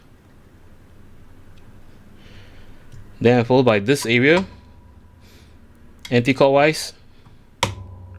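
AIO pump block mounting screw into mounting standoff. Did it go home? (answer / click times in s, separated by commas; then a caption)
yes / 7.6 s. Someone talks while a metal mounting screw on the pump block of an ASUS ROG Ryujin III 360 ARGB Extreme AIO CPU cooler is turned anticlockwise against its mounting standoff. At 7.6 s the screw drops into the thread with a sharp click, seating it, and it is then tightened one round.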